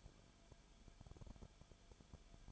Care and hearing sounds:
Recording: daily activity, microphone in the room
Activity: no activity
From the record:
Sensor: 5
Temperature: 20.4 degrees Celsius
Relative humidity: 39.8%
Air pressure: 1010.8 hPa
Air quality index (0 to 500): 166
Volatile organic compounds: 15 ppm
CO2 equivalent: 2506 ppm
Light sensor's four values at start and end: 2/3/1/1 and 2/3/1/1

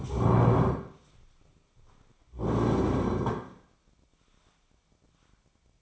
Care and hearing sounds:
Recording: daily activity, microphone in the room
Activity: stand up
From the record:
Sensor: 1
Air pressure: 1009.3 hPa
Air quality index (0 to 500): 179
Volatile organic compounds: 3 ppm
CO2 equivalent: 1510 ppm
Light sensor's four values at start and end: 35/96/39/46 and 34/90/37/43

